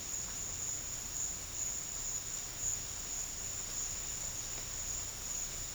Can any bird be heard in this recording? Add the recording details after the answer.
no. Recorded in dense forest near Puerto Asís, Putumayo, Colombia, on 13 March 2025 at 14:00. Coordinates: 0.484, -76.325. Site G045